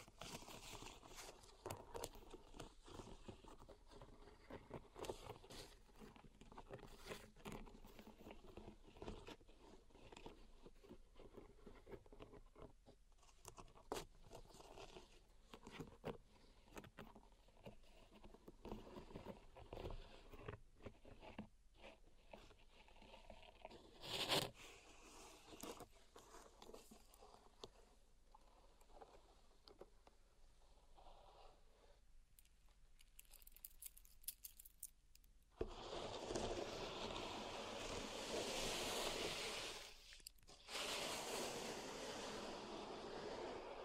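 Pink salt zen garden triggers: dense, irregular scraping and raking crackles, a sharp tap near 24 seconds, then a loud steady hiss from 36 seconds.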